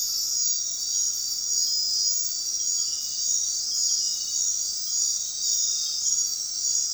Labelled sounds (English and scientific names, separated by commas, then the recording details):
none
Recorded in dense forest near Puerto Asís, Putumayo, Colombia, on 20 February 2024 at 22:30
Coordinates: 0.466, -76.327
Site G6413